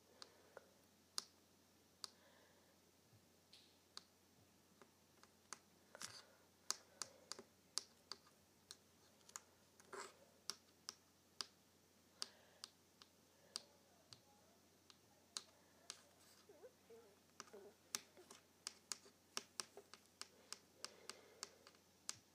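A paperclip taps on a table in sharp, bright clicks, irregular and fairly frequent, sometimes in quick pairs, over a faint steady hiss.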